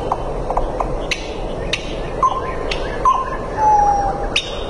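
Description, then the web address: Common nightingale singing sparsely, with scattered sharp clicks, short whistles and one long pure held whistle, over a continuous hissing background. "Sedaye Bolbol Hezar Dastan. صدای-بلبل-هزار-دستان"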